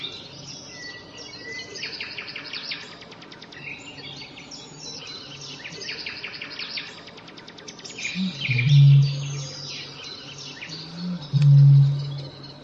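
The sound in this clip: Eurasian bittern: songbirds trill and chatter for several seconds before a Eurasian bittern delivers two deep foghorn-like booms about three seconds apart.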